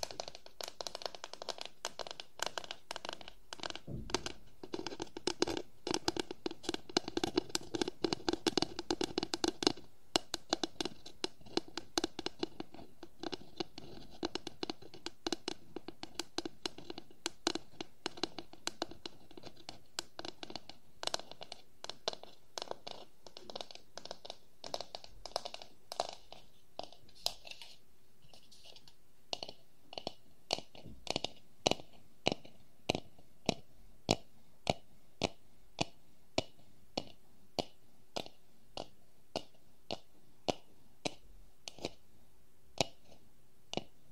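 Wooden objects tap and scratch in a dense, busy run of sharp clicks, thickest and roughest through the first ten seconds. After about half a minute the scraping fades and the taps thin out into separate, fairly regular knocks against a quiet background.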